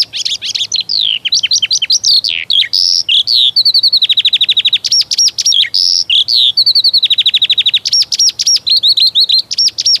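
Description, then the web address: Eurasian skylark singing a fast, continuous warble of high trills, rattling buzzes and sharp chirps that flow without pause. "Przyroda Ptaki Skowronek"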